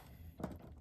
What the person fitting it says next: Oh, it popped out.